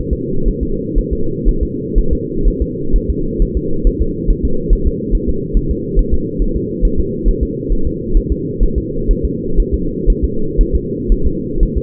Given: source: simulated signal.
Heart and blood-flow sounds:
fetal heart sounds
0.13 s: S2
0.48 s: S1
0.63 s: S2
0.98 s: S1
1.13 s: S2
1.49 s: S1
1.63 s: S2
1.98 s: S1
2.13 s: S2
2.48 s: S1
2.62 s: S2
2.96 s: S1
3.10 s: S2
3.42 s: S1
3.57 s: S2
3.87 s: S1
4.02 s: S2
4.30 s: S1
4.45 s: S2
4.73 s: S1
4.87 s: S2
5.15 s: S1
5.29 s: S2
5.57 s: S1
5.71 s: S2
5.99 s: S1
6.14 s: S2
6.42 s: S1
6.56 s: S2
6.85 s: S1
7.00 s: S2
7.28 s: S1
7.43 s: S2
7.72 s: S1
7.87 s: S2
8.17 s: S1
8.32 s: S2
8.63 s: S1
8.78 s: S2
9.11 s: S1
9.25 s: S2
9.60 s: S1
9.74 s: S2
10.10 s: S1
10.25 s: S2
10.61 s: S1
10.75 s: S2
11.12 s: S1
11.27 s: S2
11.63 s: S1
11.78 s: S2
From the record:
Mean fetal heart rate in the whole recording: 130 bpm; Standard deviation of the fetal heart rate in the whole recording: 4 bpm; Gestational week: 38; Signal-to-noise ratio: -8.1 dB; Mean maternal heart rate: 72 bpm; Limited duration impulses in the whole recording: absent

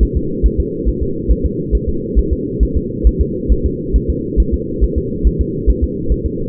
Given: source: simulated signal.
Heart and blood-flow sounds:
fetal heart sounds
0.03 s: S1
0.17 s: S2
0.46 s: S1
0.60 s: S2
0.89 s: S1
1.03 s: S2
1.31 s: S1
1.46 s: S2
1.75 s: S1
1.89 s: S2
2.19 s: S1
2.33 s: S2
2.63 s: S1
2.77 s: S2
3.07 s: S1
3.21 s: S2
3.52 s: S1
3.66 s: S2
3.96 s: S1
4.10 s: S2
4.40 s: S1
4.54 s: S2
4.84 s: S1
4.98 s: S2
5.27 s: S1
5.41 s: S2
5.70 s: S1
5.84 s: S2
6.12 s: S1
6.26 s: S2
From the record:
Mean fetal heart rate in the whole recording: 140 bpm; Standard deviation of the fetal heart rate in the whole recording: 2 bpm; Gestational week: 34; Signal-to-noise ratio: -6.6 dB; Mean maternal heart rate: 72 bpm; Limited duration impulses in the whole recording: present

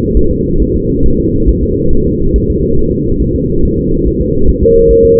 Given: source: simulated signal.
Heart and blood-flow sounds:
fetal heart sounds
0.17 s: S1
0.31 s: S2
0.62 s: S1
0.76 s: S2
1.06 s: S1
1.20 s: S2
1.50 s: S1
1.64 s: S2
1.93 s: S1
2.07 s: S2
2.36 s: S1
2.50 s: S2
2.79 s: S1
2.93 s: S2
3.22 s: S1
3.36 s: S2
3.65 s: S1
3.79 s: S2
4.08 s: S1
4.21 s: S2
4.49 s: S1
4.63 s: S2
4.91 s: S1
5.05 s: S2
From the record:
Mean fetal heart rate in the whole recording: 140 bpm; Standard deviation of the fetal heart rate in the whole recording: 2 bpm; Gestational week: 34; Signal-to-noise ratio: -17.7 dB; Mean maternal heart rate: 72 bpm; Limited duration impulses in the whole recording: present

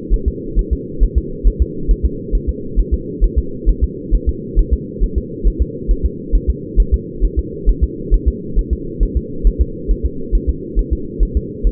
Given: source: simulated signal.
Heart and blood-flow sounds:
fetal heart sounds
0.14 s: S1
0.28 s: S2
0.59 s: S1
0.73 s: S2
1.03 s: S1
1.18 s: S2
1.47 s: S1
1.62 s: S2
1.91 s: S1
2.06 s: S2
2.35 s: S1
2.49 s: S2
2.79 s: S1
2.94 s: S2
3.24 s: S1
3.39 s: S2
3.69 s: S1
3.84 s: S2
4.15 s: S1
4.29 s: S2
4.59 s: S1
4.74 s: S2
5.03 s: S1
5.18 s: S2
5.47 s: S1
5.62 s: S2
5.91 s: S1
6.06 s: S2
6.35 s: S1
6.50 s: S2
6.80 s: S1
6.94 s: S2
7.25 s: S1
7.39 s: S2
7.69 s: S1
7.84 s: S2
8.14 s: S1
8.28 s: S2
8.59 s: S1
8.73 s: S2
9.03 s: S1
9.17 s: S2
9.47 s: S1
9.62 s: S2
9.91 s: S1
10.06 s: S2
10.35 s: S1
10.50 s: S2
10.79 s: S1
10.93 s: S2
11.23 s: S1
11.37 s: S2
11.67 s: S1
From the record:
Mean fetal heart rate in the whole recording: 135 bpm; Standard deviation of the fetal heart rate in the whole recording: 3 bpm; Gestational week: 36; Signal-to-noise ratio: -4.3 dB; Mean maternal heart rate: 72 bpm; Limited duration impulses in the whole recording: absent

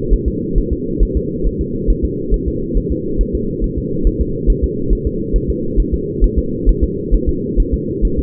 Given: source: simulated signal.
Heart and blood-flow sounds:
fetal heart sounds
0.13 s: S1
0.28 s: S2
0.58 s: S1
0.73 s: S2
1.03 s: S1
1.17 s: S2
1.46 s: S1
1.61 s: S2
1.90 s: S1
2.05 s: S2
2.34 s: S1
2.48 s: S2
2.77 s: S1
2.92 s: S2
3.21 s: S1
3.35 s: S2
3.64 s: S1
3.78 s: S2
4.07 s: S1
4.21 s: S2
4.50 s: S1
4.64 s: S2
4.93 s: S1
5.07 s: S2
5.36 s: S1
5.50 s: S2
5.80 s: S1
5.94 s: S2
6.24 s: S1
6.38 s: S2
6.69 s: S1
6.83 s: S2
7.14 s: S1
7.29 s: S2
7.60 s: S1
7.74 s: S2
8.05 s: S1
8.19 s: S2
From the record:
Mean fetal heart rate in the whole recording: 135 bpm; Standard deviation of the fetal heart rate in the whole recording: 3 bpm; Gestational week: 36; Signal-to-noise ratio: -6.6 dB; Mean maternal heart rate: 72 bpm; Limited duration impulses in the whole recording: present

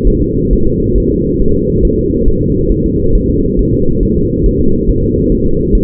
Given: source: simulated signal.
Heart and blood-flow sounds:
fetal heart sounds
0.07 s: S1
0.22 s: S2
0.53 s: S1
0.67 s: S2
0.98 s: S1
1.12 s: S2
1.42 s: S1
1.56 s: S2
1.85 s: S1
1.99 s: S2
2.28 s: S1
2.43 s: S2
2.72 s: S1
2.86 s: S2
3.15 s: S1
3.30 s: S2
3.59 s: S1
3.73 s: S2
4.03 s: S1
4.17 s: S2
4.46 s: S1
4.61 s: S2
4.89 s: S1
5.04 s: S2
5.32 s: S1
5.46 s: S2
5.75 s: S1
From the record:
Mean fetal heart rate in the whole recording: 135 bpm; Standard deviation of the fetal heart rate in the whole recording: 3 bpm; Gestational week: 36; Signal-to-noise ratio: -16.4 dB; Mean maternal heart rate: 72 bpm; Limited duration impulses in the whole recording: present

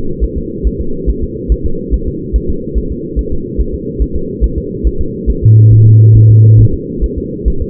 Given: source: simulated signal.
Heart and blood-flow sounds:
fetal heart sounds
0.24 s: S1
0.38 s: S2
0.67 s: S1
0.81 s: S2
1.09 s: S1
1.24 s: S2
1.52 s: S1
1.66 s: S2
1.94 s: S1
2.08 s: S2
2.36 s: S1
2.50 s: S2
2.78 s: S1
2.92 s: S2
3.19 s: S1
3.33 s: S2
3.61 s: S1
3.75 s: S2
4.02 s: S1
4.16 s: S2
4.44 s: S1
4.58 s: S2
4.87 s: S1
5.01 s: S2
5.30 s: S1
5.44 s: S2
5.73 s: S1
5.87 s: S2
6.16 s: S1
6.30 s: S2
6.60 s: S1
6.74 s: S2
7.04 s: S1
7.18 s: S2
7.48 s: S1
7.62 s: S2
From the record:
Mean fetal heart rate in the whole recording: 140 bpm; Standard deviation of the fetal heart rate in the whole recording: 2 bpm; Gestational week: 34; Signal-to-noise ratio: -8.1 dB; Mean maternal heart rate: 72 bpm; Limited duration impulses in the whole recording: present

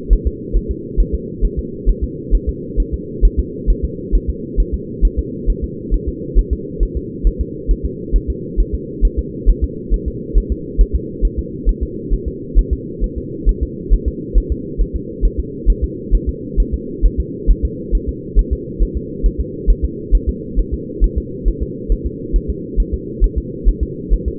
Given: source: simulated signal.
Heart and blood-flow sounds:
fetal heart sounds
0.13 s: S1
0.27 s: S2
0.57 s: S1
0.71 s: S2
1.00 s: S1
1.15 s: S2
1.45 s: S1
1.59 s: S2
1.89 s: S1
2.04 s: S2
2.35 s: S1
2.49 s: S2
2.80 s: S1
2.94 s: S2
3.25 s: S1
3.39 s: S2
3.70 s: S1
3.85 s: S2
4.15 s: S1
4.29 s: S2
4.60 s: S1
4.74 s: S2
5.05 s: S1
5.19 s: S2
5.50 s: S1
5.64 s: S2
5.94 s: S1
6.08 s: S2
6.39 s: S1
6.53 s: S2
6.83 s: S1
6.97 s: S2
7.27 s: S1
7.41 s: S2
7.71 s: S1
7.85 s: S2
8.16 s: S1
8.30 s: S2
8.60 s: S1
8.74 s: S2
9.05 s: S1
9.19 s: S2
9.49 s: S1
9.64 s: S2
9.94 s: S1
10.08 s: S2
10.38 s: S1
10.52 s: S2
10.81 s: S1
10.95 s: S2
11.25 s: S1
11.39 s: S2
11.69 s: S1
11.83 s: S2
12.14 s: S1
12.28 s: S2
12.59 s: S1
12.73 s: S2
13.04 s: S1
13.18 s: S2
13.49 s: S1
13.63 s: S2
13.93 s: S1
14.08 s: S2
14.38 s: S1
14.52 s: S2
14.81 s: S1
14.96 s: S2
15.25 s: S1
15.40 s: S2
15.70 s: S1
15.84 s: S2
16.15 s: S1
16.29 s: S2
16.60 s: S1
16.74 s: S2
17.05 s: S1
17.20 s: S2
17.51 s: S1
17.65 s: S2
17.95 s: S1
18.09 s: S2
18.39 s: S1
18.53 s: S2
18.82 s: S1
18.97 s: S2
19.26 s: S1
19.40 s: S2
19.70 s: S1
19.84 s: S2
20.15 s: S1
20.29 s: S2
20.59 s: S1
20.74 s: S2
21.04 s: S1
21.18 s: S2
21.48 s: S1
21.62 s: S2
21.92 s: S1
22.06 s: S2
22.36 s: S1
22.50 s: S2
22.80 s: S1
22.94 s: S2
23.24 s: S1
23.38 s: S2
23.69 s: S1
23.83 s: S2
24.13 s: S1
24.28 s: S2
From the record:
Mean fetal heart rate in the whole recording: 135 bpm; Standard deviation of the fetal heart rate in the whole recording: 3 bpm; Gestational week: 36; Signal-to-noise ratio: -4.1 dB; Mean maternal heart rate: no maternal heart sound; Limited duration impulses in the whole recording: absent

